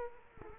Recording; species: mosquito wingbeat signal from an infrared sensor; Culex quinquefasciatus